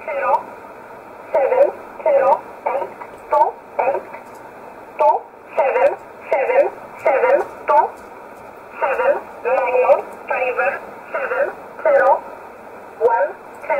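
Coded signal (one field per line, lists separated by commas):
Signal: numbers station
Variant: E11 Oblique, English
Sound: a voice reading short single words at a steady, even rhythm over radio hiss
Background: radio static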